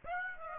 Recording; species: mosquito wingbeat signal from an infrared sensor; Aedes aegypti